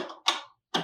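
The inner lid is handled over the die of a GBRU hand-push seeder before being turned left to lock. A brief scraping rattle opens the clip, followed by two sharp plastic-like knocks at about 0.3 s and 0.8 s. Nothing has seated or locked yet.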